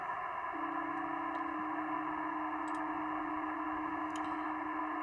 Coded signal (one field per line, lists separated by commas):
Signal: PSK31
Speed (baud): 31.25 baud